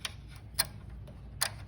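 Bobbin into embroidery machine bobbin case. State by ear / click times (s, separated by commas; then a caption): seated / 1.4 s. A thread bobbin is pushed into the metal bobbin case of a Brother 6-needle embroidery machine until it seats with a click. Sharp ticks come at about 0.1 s and 0.6 s, with a faint tap near 1.1 s. The loudest, crispest click at 1.4 s marks the bobbin seating in the case.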